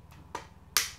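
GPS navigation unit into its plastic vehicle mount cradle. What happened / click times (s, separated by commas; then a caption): The device snapped into its plastic cradle / 0.8 s. A Navitel G550 MOTO motorcycle GPS navigation unit is slid fully into its plastic mount cradle under the upper plastic hook and pressed in. A faint tap at 0.1 s and a sharper knock at 0.3 s come before a loud, bright click at 0.8 s as the unit seats. It now holds very firmly.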